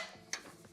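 A folding foot on the leg of a portable clamping work stand is swung down until it locks into position. A single sharp, bright click lands at 0.3 s over a faint background, followed by a couple of softer ticks. The foot is locked into position.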